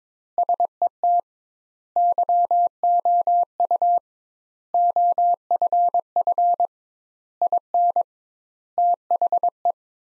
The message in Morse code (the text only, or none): SET YOU OFF IN THE